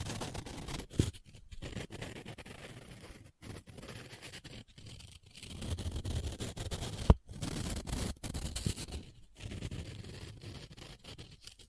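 Paper being handled close up, rubbed and scratched in a steady, dense rustle broken by short pauses. The texture is mostly low and grainy, with brighter crinkles spread throughout. Two sharp snaps stand out, one near the first second and a louder one around seven seconds.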